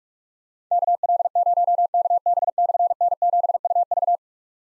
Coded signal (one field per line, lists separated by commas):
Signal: Morse code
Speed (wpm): 44 wpm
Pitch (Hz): 700 Hz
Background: none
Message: KL0KB/N7UV